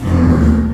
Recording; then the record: squeal of a Yucatan mini pig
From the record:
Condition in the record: after surgery on the right vocal fold (resection and tissue-engineered implant); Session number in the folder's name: 16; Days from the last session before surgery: 183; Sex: female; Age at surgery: 19 weeks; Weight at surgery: 25 kg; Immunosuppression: prednisolone